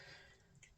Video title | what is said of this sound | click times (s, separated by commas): FX DRS classic review PART 1 | so that basically goes in there you push and you push again till it clicks | 0.6 s